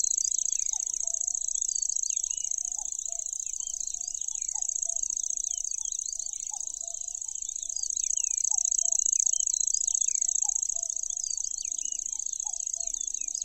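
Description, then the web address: Lanceolated warbler's high mechanical reeling runs without pause, swelling and fading slightly, amid busy chirping from other birds and repeated short low whistles. "makinosennyuu"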